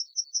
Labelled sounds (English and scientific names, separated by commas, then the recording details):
Yellowhammer (Emberiza citrinella) song
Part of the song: start
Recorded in the Czech Republic on 23 May 2015
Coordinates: 49.979, 16.149
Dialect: BC
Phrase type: C37
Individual ch019